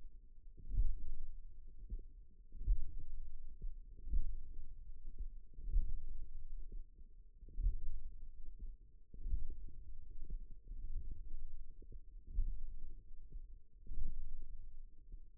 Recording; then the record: forearm muscle sounds (acoustic myography)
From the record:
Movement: hook grip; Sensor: system 1, eight BSWA MPA416 microphones around the upper forearm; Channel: 8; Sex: female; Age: 20 years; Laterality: right